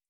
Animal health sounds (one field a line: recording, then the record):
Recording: hydrophone in a shrimp aquaculture tank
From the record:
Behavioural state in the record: starved